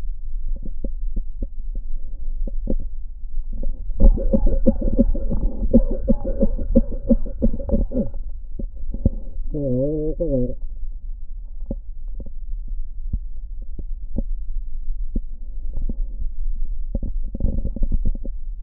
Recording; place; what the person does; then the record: lung sounds by stethoscope; left posterior basal chest; quiet breathing, then cough and speech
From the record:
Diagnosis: COPD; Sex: male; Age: 70 years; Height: 183 cm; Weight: 116 kg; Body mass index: 34.6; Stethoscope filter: diaphragm mode